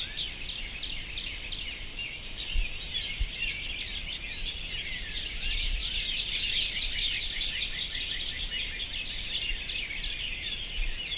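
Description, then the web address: Birds chattering in a crowded chorus of rapid tweets, growing slightly fuller midway, with a couple of low knocks early on. "sounds djk sounds birds 0645 040905"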